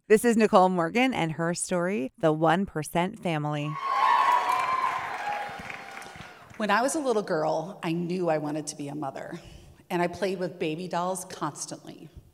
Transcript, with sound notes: This is Nicole Morgan and her story, "The 1% Family."
(cheering) When I was a little girl, I knew I wanted to be a mother, and I played with baby dolls constantly.